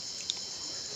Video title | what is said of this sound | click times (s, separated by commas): Cara dan Tutorial Memasang Rantai Motor Vixion | itu sudah terkunci dan tidak akan lepas lagi sekarang kita ambil plat-plat | 0.3 s